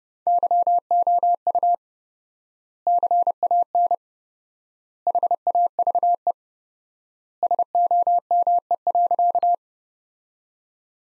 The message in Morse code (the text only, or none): YOU CAN HAVE SOME.